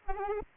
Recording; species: mosquito wingbeat signal from an infrared sensor; Aedes albopictus